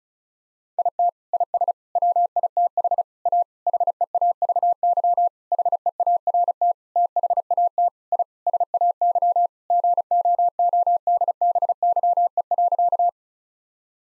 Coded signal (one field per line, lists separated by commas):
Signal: Morse code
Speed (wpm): 34 wpm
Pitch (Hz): 700 Hz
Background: none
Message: IT IS WITH A HEAVY HEART THAT I SAY GOODBYE.